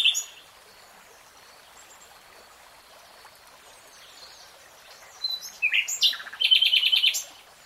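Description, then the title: Nightingale singing: a short note, several seconds of near silence with faint background, then a loud rapid trilled phrase. "[Tiếng chim hót] Nightingale Singing"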